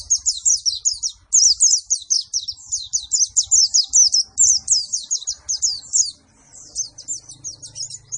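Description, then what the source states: White-eye pouring out rapid, high twittering phrases in dense runs, with a short pause near the end. Singing energetically after being given a vitamin C supplement.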